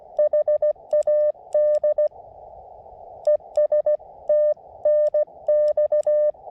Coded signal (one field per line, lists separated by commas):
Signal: Morse code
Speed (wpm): 16 wpm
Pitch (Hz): 590 Hz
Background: none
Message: HAD ES TNX